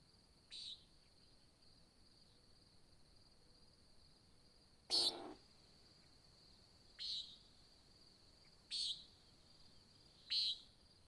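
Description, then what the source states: Nighthawk repeating sharp buzzy notes, five in about ten seconds at irregular intervals, one much louder, with a high continuous insect trill. Recorded at Sutton in July 2017 at dawn; labelled as nighthawk competition.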